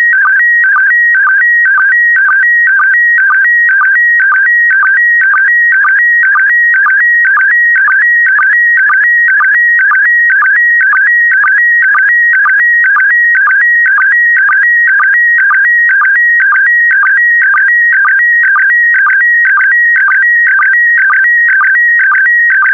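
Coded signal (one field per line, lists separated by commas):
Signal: SSTV (slow-scan television)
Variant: PD120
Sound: steady warbling tone hopping between pitches, with a regular low blip about twice a second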